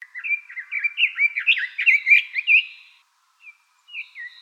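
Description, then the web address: Long-tailed tit calls: a rapid, high twittering run of short slurred notes for about three seconds, then a few thin, isolated high notes. "birdenaga sousityou S 150520"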